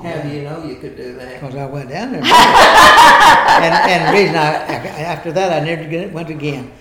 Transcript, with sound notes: How do you know you could do that?
'Cause I went down there and bought it! (Laughter) And-- and the reason I-- after that I never went again.